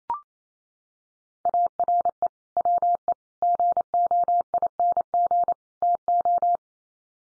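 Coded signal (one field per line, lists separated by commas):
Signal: Morse code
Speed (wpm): 28 wpm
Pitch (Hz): 700 Hz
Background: none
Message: ARE WE GOING TO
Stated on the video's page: Morse code head-copy practice of common four-word groups at 28 wpm, each set sent in Morse, spoken, then sent again.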